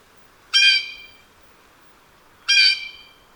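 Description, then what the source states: Blue jay giving two harsh, nasal squawks about two seconds apart. Call variation.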